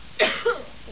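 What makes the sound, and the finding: Adult woman. Cough.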